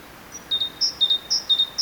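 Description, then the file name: Great tit giving clear see-saw two-note phrases, a high whistle dropping to a lower one, repeated about every half second. "Parus major"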